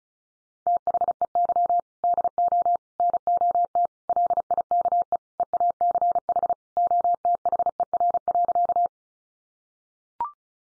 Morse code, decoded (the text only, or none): THEY DO NOT LIKE EACH OTHER.